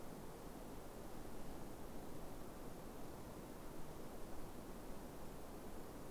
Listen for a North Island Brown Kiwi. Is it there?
no